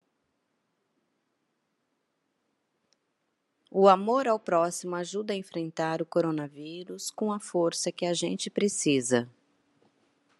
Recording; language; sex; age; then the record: spoken sentence; Brazilian Portuguese; female; 50 to 59 years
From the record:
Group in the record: control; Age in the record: 50 years